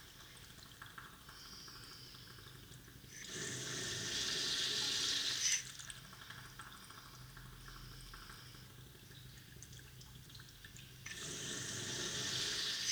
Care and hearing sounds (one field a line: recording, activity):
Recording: daily activity, guitar pickup as the sensor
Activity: flush